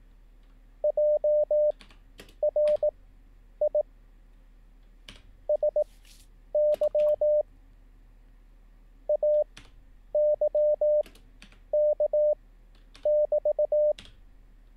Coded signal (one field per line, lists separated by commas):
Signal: Morse code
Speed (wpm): 18 wpm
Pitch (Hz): 600 Hz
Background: none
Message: JRI SY AYK<BT>